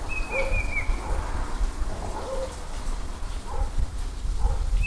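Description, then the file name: Banded bay cuckoo with a brief high whistled phrase of descending notes at the start, then lower calls over a constant low background rumble. "cuckoo-banded-bay Cacomantis-sonneratii"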